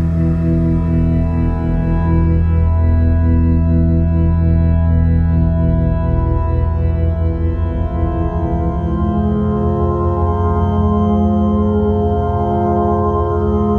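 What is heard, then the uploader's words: Layered, complex tones hum in unusual overtones, a low steady drone with many ringing bands that shift and ripple after about seven seconds. On one set, we toy with the unusual harmonics of complex, layered source tones. Sometimes dirty and uncomfortable.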